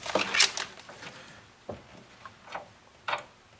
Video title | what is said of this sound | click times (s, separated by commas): How to Install Bi-Xenon HID: Nissan Xterra 2005-2010 Pt 2 of 2 | just line it up make sure it clicks into place | 3.1 s